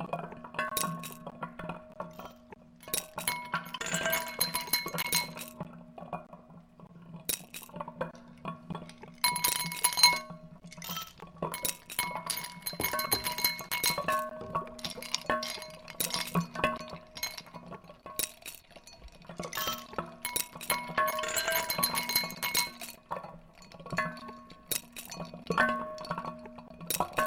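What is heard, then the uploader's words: Ice cubes drop into glasses and a mug, making repeated bright clinks and rattles in busy bursts, with ringing tones lingering between them. I recorded some ice cubes dropped into different glasses and a mug with a Zoom H1, looped them with SooperLooper, played around with speed and levels thanks to a mapped Xone:K1 controller, and further edited the output and other samples + mixed it all into Audacity.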